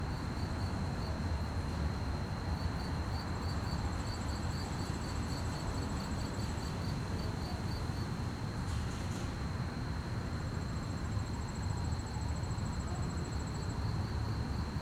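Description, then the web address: Cricket chirps pulse fast and evenly throughout, with two stretches of a higher trill and a brief noise burst, over low rumble. Fast-chirping crickets at night on a quiet street, with distant activities and slight wind. "QUIET STREET Night fast chirp crickets, distant activities, slight wind. Articulated Sounds - Quiet Streets. Sonniss"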